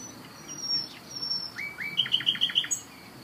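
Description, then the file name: Common nightingale song: thin high whistles, two rising slurred notes, then a quick series of several bright repeated notes, with some faint high background calls. "Luscinia megarhynchos"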